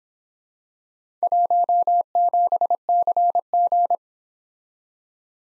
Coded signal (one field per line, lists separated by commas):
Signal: Morse code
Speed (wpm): 26 wpm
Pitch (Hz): 700 Hz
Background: none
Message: 17CG